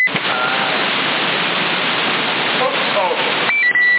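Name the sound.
CB radio transmission beep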